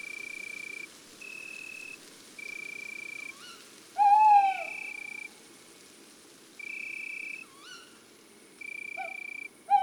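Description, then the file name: Tawny owl giving a strong quavering hoot midway, with short upslurred notes before and after. Sustained shrill tones repeat in bursts of about a second. Male; woods and forests. "Chouette hulotte male Chants doiseaux des bois et des forets"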